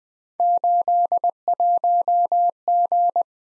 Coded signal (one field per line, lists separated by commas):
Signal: Morse code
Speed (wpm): 21 wpm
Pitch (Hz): 700 Hz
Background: none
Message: 81G